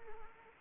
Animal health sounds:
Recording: mosquito wingbeat signal from an infrared sensor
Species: Anopheles arabiensis

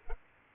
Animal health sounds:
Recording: mosquito wingbeat signal from an infrared sensor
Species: Culex pipiens

